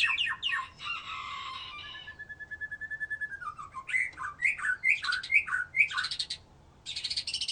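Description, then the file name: White-rumped shama singing a harsh rattling phrase, a long even trill, then a row of five quick slurred notes and a final buzzy burst. "murai batu"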